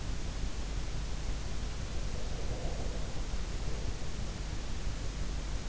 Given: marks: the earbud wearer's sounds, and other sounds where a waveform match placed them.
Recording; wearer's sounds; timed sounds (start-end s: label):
sounds in sleep by an in-ear microphone; breath
2.05-4.23 s: breath